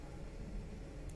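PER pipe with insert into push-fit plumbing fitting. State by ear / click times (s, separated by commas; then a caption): not seated / none. A PER plastic pipe fitted with a metal insert is pushed by hand into a push-fit plumbing fitting. Only a steady, low broadband rumble is heard while it is handled. Nothing has seated or clicked yet.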